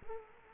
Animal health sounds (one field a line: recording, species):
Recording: mosquito wingbeat signal from an infrared sensor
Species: Culex quinquefasciatus